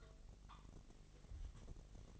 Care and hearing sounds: daily activity, microphone in the room; take from stove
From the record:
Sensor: 4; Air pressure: 1000.2 hPa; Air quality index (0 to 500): 230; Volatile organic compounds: 30 ppm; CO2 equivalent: 2968 ppm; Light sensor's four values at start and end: 9/20/8/8 and 9/20/8/8

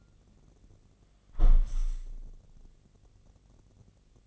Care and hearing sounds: daily activity, microphone in the room; close window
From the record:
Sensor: 4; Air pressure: 1013.2 hPa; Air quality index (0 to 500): 169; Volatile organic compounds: 2 ppm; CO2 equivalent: 1065 ppm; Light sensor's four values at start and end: 36/89/36/37 and 38/93/37/38

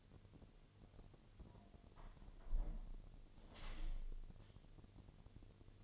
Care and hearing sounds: daily activity, microphone in the room; close window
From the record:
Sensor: 4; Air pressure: 1007.2 hPa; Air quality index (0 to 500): 185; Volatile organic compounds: 6 ppm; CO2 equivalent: 1844 ppm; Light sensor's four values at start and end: 23/73/28/27 and 23/73/28/27

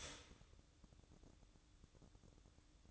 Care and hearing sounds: daily activity, microphone in the room; start toaster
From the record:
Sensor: 3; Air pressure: 1007.1 hPa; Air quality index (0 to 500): 56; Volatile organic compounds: 1 ppm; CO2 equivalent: 596 ppm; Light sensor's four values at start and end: 8/18/7/7 and 8/18/7/7

